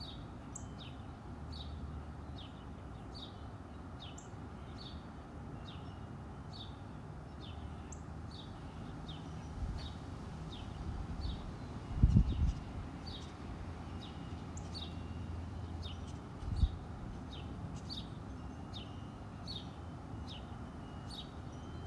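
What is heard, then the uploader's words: Birds chirp in short, regular bright calls over a low steady rumble of breeze, with a couple of brief thumps near twelve and seventeen seconds. Birds & the breeze.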